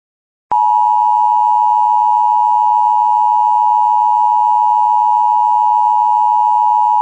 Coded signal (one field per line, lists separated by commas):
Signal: Emergency Alert System (SAME) tones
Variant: 853 and 960 Hz attention tone